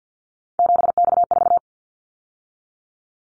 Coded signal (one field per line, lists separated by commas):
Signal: Morse code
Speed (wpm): 50 wpm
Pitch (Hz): 700 Hz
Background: none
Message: 7X4